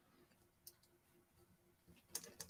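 A tight-fitting plastic part of an MG Zeta Gundam Ver.1.0 model kit is pressed against its mating part, giving a few sharp plastic ticks around 0.7, 2.2 and 2.4 seconds over quiet handling noise. Nothing has seated or clicked into place yet.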